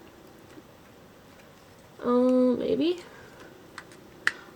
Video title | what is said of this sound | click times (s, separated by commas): The Original Praktica FX! Part 1 | there we go okay it's clicked into place we good we're good | 4.3 s